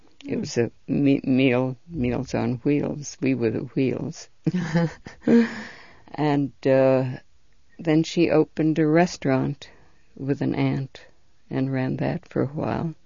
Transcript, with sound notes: It was a meals on wheels. We were the wheels. ( they laugh ) Then she opened a restaurant with an aunt and ran that for a while.